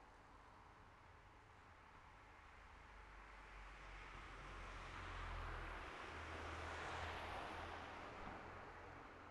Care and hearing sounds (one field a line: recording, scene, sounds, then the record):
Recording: everyday scene through a hearing-aid microphone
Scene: in traffic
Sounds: traffic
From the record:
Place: city secondary road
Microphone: behind the ear, right, front